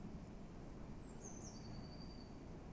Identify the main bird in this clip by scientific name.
Cyanistes caeruleus